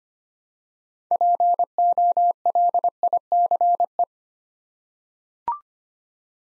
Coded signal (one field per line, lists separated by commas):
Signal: Morse code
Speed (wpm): 25 wpm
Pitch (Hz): 700 Hz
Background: none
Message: POLICE